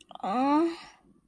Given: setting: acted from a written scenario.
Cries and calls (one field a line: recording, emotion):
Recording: vocal sound without words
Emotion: desire